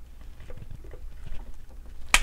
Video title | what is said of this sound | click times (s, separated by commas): Review Toyworld TW-C04 Allocator (Constructicon Hook) | One little click. | 2.1 s